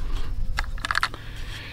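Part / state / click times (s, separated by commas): folding stock hinge lock on a semi-automatic rifle / seated / 1.0 s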